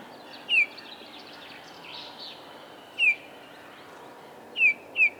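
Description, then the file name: Eurasian bullfinch giving four soft, downslurred piping whistles, the last two close together, over a quiet background. "Pyrrhula pyrrhula"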